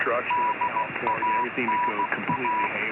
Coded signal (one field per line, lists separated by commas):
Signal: Morse code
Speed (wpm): 16 wpm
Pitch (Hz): 980 Hz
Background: speech, radio noise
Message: DANA